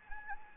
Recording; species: mosquito wingbeat signal from an infrared sensor; Anopheles gambiae